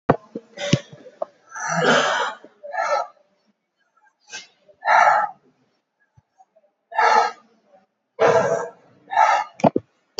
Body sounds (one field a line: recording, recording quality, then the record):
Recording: shallow breathing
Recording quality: excellent, no background noise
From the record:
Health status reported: COVID-19 positive, mild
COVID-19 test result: positive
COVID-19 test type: RT-PCR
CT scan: taken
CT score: 8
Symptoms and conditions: cough, fatigue, hypertension, diabetes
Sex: male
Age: 80 years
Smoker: no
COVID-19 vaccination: none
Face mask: not worn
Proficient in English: no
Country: India